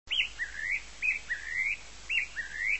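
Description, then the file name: Narcissus flycatcher phrases: a short arched note followed by a rising slur, the pair repeated three times about once a second, with faint background hiss. "kibitaki"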